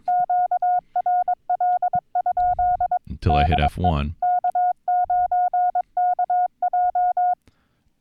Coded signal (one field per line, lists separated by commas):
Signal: Morse code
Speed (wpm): 22 wpm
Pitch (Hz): 720 Hz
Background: speech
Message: QRL? DE K9KJ